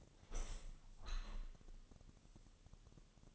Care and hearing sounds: daily activity, microphone in the room; open window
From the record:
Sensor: 4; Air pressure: 1001.2 hPa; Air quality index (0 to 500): 175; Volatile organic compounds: 2 ppm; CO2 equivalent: 1254 ppm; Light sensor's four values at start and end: 12/27/11/12 and 12/27/11/12

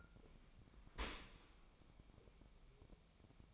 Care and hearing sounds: daily activity, microphone in the room; open dishwasher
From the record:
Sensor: 1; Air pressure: 1003.1 hPa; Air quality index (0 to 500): 196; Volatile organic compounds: 6 ppm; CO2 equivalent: 1873 ppm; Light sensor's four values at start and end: 26/65/28/33 and 27/66/28/34

